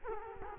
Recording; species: mosquito wingbeat signal from an infrared sensor; Culex quinquefasciatus